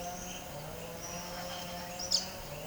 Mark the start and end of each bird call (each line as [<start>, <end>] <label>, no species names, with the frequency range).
[1.96, 2.27] bird call (2.3-8.3 kHz)